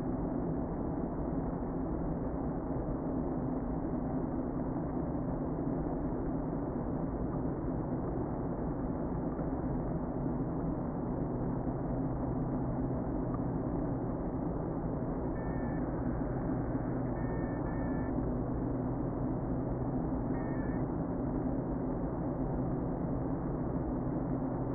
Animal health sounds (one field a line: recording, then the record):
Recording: honeybee colony, microphone inside the hive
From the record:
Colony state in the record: queen present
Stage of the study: before two queens were removed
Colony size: about 60,000 bees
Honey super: yes